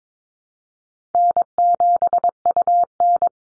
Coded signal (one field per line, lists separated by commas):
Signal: Morse code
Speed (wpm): 22 wpm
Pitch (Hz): 700 Hz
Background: none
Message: N7UN